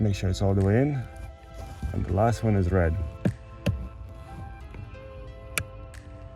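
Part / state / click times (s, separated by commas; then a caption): red wiring harness connector into vehicle socket / seated / 5.6 s. Someone talks over music while pushing a red plastic wiring harness connector into its socket in a Genesis G70 during a Mykey Premium remote starter install. A few small knocks come first, then a loud, sharp click at 5.6 s as the connector seats fully.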